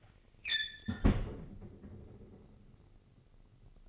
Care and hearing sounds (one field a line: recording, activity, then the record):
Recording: daily activity, microphone in the room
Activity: close fridge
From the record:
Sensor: 4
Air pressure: 996.1 hPa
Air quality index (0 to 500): 68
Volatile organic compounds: 2 ppm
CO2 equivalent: 1229 ppm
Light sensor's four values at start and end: 14/39/15/17 and 15/41/16/18